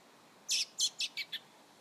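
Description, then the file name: A bird gives five short, high chirps in quick succession, growing shorter and softer toward the end, over a faint steady hiss. "fugl"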